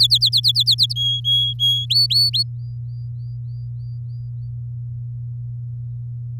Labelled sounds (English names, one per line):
Domestic Canary song